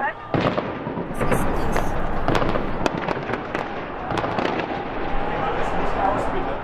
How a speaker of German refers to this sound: Feuerstöße, Maschinengewehrsalven vor unserem Fenster. Die ägyptische Hauptstadt versinkt in dieser Nacht in einer bürgerkriegsähnlichen Szenerie.